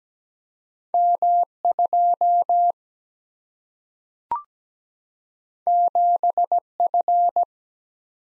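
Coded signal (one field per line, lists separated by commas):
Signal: Morse code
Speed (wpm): 17 wpm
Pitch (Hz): 700 Hz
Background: none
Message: M2 7F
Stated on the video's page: Morse code copy drill at 17 wpm of random two-character letter-number combinations, each sent in Morse, spoken, then sent again.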